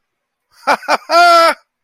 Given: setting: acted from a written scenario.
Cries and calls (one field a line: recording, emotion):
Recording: vocal sound without words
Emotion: elation